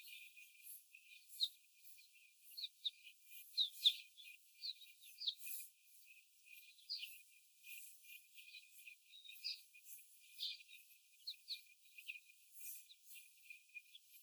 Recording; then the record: young laying hens in a cage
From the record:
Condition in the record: after the stressor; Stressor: simulated dog barking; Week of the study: 4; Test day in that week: 1